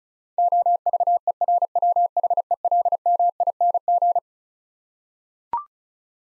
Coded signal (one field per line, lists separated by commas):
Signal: Morse code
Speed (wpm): 36 wpm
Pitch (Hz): 700 Hz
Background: none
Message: OVERWHELMING